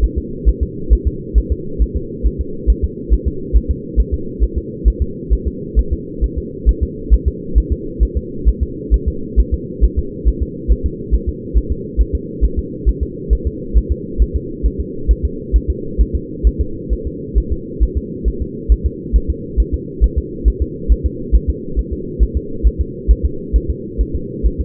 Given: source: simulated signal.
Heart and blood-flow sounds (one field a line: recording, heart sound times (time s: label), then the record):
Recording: fetal heart sounds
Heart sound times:
0.04 s: S1
0.18 s: S2
0.49 s: S1
0.63 s: S2
0.93 s: S1
1.07 s: S2
1.38 s: S1
1.52 s: S2
1.82 s: S1
1.97 s: S2
2.27 s: S1
2.41 s: S2
2.70 s: S1
2.84 s: S2
3.13 s: S1
3.28 s: S2
3.56 s: S1
3.71 s: S2
4.00 s: S1
4.14 s: S2
4.43 s: S1
4.58 s: S2
4.88 s: S1
5.02 s: S2
5.33 s: S1
5.47 s: S2
5.79 s: S1
5.93 s: S2
6.24 s: S1
6.38 s: S2
6.69 s: S1
6.83 s: S2
7.14 s: S1
7.28 s: S2
7.58 s: S1
7.72 s: S2
8.03 s: S1
8.17 s: S2
8.48 s: S1
8.63 s: S2
8.94 s: S1
9.08 s: S2
9.39 s: S1
9.54 s: S2
9.84 s: S1
9.99 s: S2
10.28 s: S1
10.43 s: S2
10.72 s: S1
10.86 s: S2
11.14 s: S1
11.29 s: S2
11.57 s: S1
11.72 s: S2
12.01 s: S1
12.15 s: S2
12.45 s: S1
12.59 s: S2
12.89 s: S1
13.03 s: S2
13.33 s: S1
13.47 s: S2
13.77 s: S1
13.92 s: S2
14.22 s: S1
14.36 s: S2
14.66 s: S1
14.80 s: S2
15.11 s: S1
15.25 s: S2
15.56 s: S1
15.70 s: S2
16.01 s: S1
16.16 s: S2
16.47 s: S1
16.61 s: S2
16.93 s: S1
17.07 s: S2
17.38 s: S1
17.52 s: S2
17.83 s: S1
17.98 s: S2
18.28 s: S1
18.42 s: S2
18.72 s: S1
18.86 s: S2
19.16 s: S1
19.30 s: S2
19.60 s: S1
19.74 s: S2
20.04 s: S1
20.18 s: S2
20.48 s: S1
20.62 s: S2
20.92 s: S1
21.06 s: S2
21.35 s: S1
21.50 s: S2
21.79 s: S1
21.93 s: S2
22.23 s: S1
22.37 s: S2
22.67 s: S1
22.81 s: S2
23.11 s: S1
23.25 s: S2
23.56 s: S1
23.70 s: S2
24.01 s: S1
24.16 s: S2
24.46 s: S1
24.61 s: S2
From the record:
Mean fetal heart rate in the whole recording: 135 bpm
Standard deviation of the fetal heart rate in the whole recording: 3 bpm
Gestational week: 34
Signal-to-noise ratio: -4.3 dB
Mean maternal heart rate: 72 bpm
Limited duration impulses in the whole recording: absent